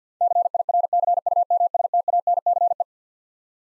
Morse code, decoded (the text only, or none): CIRCUMSTANCE